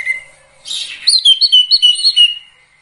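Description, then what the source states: Sirtu song: short burst of high, sweet notes followed by a quick series of bright whistled phrases. Training song for songbirds featuring the full variety of sirtu song phrases.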